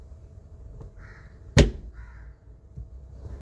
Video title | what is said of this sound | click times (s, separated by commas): How to replace center console buttons in Kia Sportage | Align the knob with the shifter shaft and push it straight down until it snaps into place. | 1.6 s